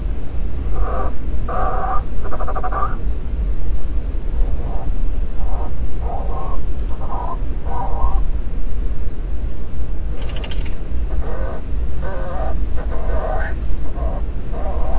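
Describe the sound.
Fulmar prion calls: pulsed, throaty phrases repeated through the recording over a steady deep roar like wind or surf.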